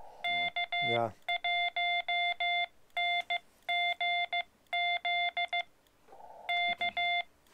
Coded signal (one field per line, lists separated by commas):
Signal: Morse code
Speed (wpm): 15 wpm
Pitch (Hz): 2100 Hz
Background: speech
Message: K1NGZ K